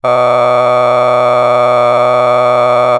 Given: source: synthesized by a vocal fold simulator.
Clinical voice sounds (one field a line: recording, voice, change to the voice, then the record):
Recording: sustained vowel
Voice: male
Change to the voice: a random mix of aspiration noise, stiffness perturbation and strain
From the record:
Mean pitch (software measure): 123 Hz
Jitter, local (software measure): 2.18%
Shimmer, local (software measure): 9.3%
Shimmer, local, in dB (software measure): 0.83 dB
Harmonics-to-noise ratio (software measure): 12.0 dB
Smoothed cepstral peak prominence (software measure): 17.7 dB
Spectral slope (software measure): -14.9 dB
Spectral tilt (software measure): -11.0 dB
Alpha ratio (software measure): -5.4 dB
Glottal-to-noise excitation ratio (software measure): 0.989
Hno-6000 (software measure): 2.1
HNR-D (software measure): 25.9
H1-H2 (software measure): 1.7 dB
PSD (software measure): 1.6e-04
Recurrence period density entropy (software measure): 0.111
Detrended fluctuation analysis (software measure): 0.0331